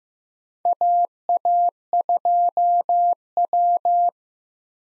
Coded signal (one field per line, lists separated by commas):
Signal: Morse code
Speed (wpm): 15 wpm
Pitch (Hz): 700 Hz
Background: none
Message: AA2W